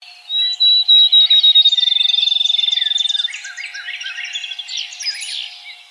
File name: Field Sparrow